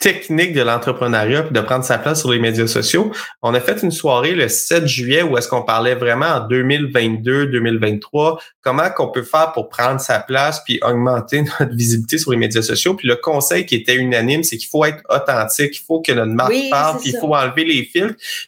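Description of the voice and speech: A man speaks fluent Quebec French at an even pace with clear voicing and a brief laugh; ordinary speech.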